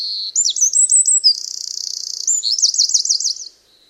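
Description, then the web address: Bird singing a high, fast phrase of sharp chirps, a steady buzzy trill, then a run of rapid warbling loops before stopping abruptly. "Deverinetal 2025 File origin Bird Only"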